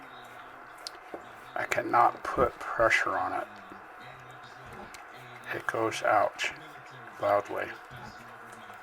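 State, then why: Not seated. A crimped wire contact is handled as it is pushed toward a plastic power connector housing, likely a PowerPole-type connector, while someone talks. A brief sharp tick at 0.9 s stands out over low background noise. Nothing has seated or clicked into place yet.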